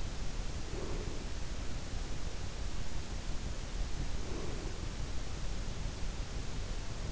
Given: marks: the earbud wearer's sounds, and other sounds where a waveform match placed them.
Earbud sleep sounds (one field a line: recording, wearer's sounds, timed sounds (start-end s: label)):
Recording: sounds in sleep by an in-ear microphone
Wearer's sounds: breath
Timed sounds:
0.48-1.65 s: breath
4.17-5.17 s: breath